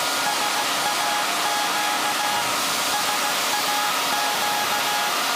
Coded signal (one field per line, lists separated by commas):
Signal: Morse code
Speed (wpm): 16 wpm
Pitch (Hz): 830 Hz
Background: none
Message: SAQ SAQ